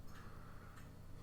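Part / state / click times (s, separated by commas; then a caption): watch dial into pocket watch movement / not seated / none. The enamel or metal dial of an Elgin 18s 7-jewel full-bridge hunter-case pocket watch is being handled over the movement, with its dial feet lined up with their holes, ready to be pressed down until it snaps into place without damage. Only faint, steady low hum and soft handling noise are heard, with no distinct click. Nothing has seated or snapped into place yet.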